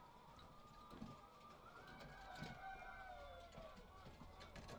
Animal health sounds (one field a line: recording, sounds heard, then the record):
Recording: poultry house recording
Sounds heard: healthy chickens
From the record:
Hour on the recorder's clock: 18